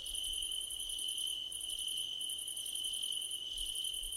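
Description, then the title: Crickets sing in a continuous high trill, joined by rapid very high chirp bursts that stop and restart a few times. Crickets at night under a starlit sky. "Nighttime Ambience with Crickets"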